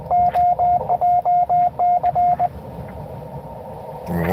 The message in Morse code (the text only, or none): OJC